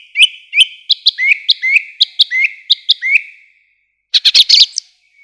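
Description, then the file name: Song thrush song: a sharp whistled note repeated twice, then a falling slurred phrase repeated several times, ending with a brief scratchy chattering burst after a pause. "Zolotye zvuki prirody - Drozd pevchij"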